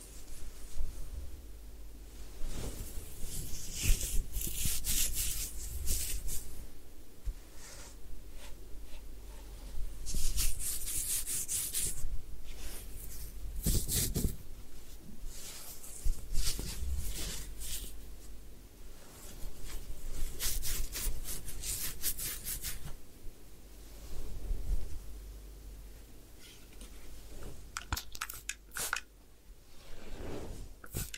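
Hair wash and scalp massage: continuous scratching and rubbing in uneven bursts, bright crackly swishes swelling and easing throughout, with a low steady hum beneath.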